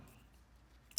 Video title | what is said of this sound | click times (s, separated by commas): FIIO FD7 - Is a single beryllium driver enough in 2021? | and it actually pulls it and locks it into place | 1.0 s